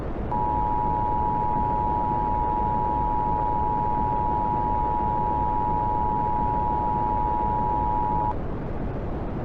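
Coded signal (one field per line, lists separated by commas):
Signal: Emergency Alert System (SAME) tones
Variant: 853 and 960 Hz attention tone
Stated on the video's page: Valid EAS SAME tones in a fictional zombie-virus scenario, a simulated alert rather than a real broadcast.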